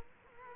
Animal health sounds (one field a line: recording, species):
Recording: mosquito wingbeat signal from an infrared sensor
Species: Culex quinquefasciatus